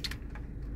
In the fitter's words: klek Ini juga udah mengunci ini udah mengunci pastikan udah bunyi clek gitu ya